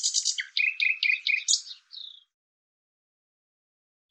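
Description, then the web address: Bird chirping: a quick rattle, then five evenly spaced sharp notes and a thin falling slur, followed by silence and one last chirp. "cianscape birddata Deverinetal 2025 Bird Lu Me Lu Me"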